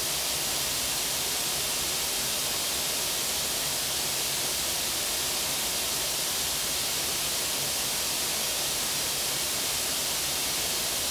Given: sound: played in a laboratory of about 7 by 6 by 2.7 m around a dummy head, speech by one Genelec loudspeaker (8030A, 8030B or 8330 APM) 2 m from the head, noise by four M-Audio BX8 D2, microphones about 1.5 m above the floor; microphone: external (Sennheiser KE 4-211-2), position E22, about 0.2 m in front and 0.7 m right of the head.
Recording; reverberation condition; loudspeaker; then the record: white noise; medium; four, about 170 cm from the corners of the room and facing them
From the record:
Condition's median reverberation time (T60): about 510 ms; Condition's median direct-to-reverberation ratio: about -0.5 dB